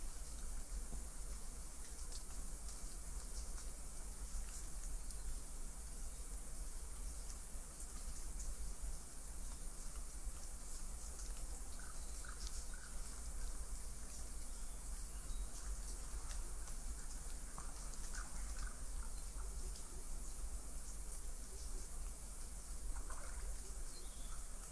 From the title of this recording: The woods around the ivy hot spring grazing land